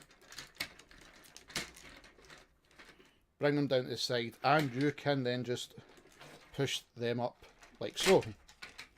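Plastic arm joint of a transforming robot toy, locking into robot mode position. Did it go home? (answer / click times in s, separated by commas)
no / none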